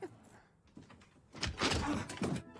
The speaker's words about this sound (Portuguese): Ai, mas que droga. Essa porta sempre emperra.